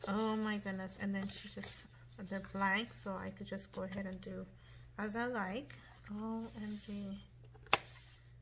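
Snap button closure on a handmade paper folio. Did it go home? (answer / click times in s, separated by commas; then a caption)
yes / 7.7 s. Someone talks while going through a handmade paper craft folio, then presses its snap button closure together, and it snaps shut with a sharp click at 7.7 seconds. The ribbon closure is left untied for now.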